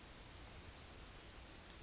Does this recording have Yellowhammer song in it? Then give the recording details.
yes. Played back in forest. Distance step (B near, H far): D. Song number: 113